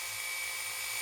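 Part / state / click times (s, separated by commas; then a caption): detachable clipper blade onto electric pet clipper / not seated / none. A metal 5F detachable blade is handled onto the hinge of a running electric pet clipper. A steady, high-pitched motor whine with a bright tone near 2 kHz holds for about a second at an even level. Nothing has seated or clicked yet.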